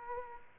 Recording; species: mosquito wingbeat signal from an infrared sensor; Aedes aegypti